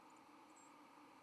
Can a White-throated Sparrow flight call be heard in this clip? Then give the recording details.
yes. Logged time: 07:07 on 31 October 2014